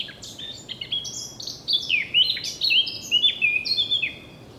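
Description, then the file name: Eurasian blackcap delivering a continuous warbled phrase, soft twittering at first, then louder, clear whistled notes sliding down in pitch. "Sylvia atricapilla"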